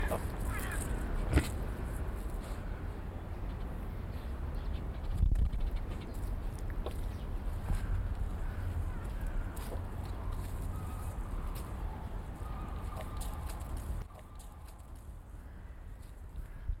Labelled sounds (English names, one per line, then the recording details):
Collared Peccary
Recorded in captivity
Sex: male
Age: adult
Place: Zoo Berlin, Berlin, DE
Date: 1992-11-07
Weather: bedeckt, 14°C
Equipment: Marantz CP 430, Sennheiser ME 80, Kopie Tesla B 116
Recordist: Tembrock, Günter
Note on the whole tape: Schnaufen und Kurzlaut des Männchens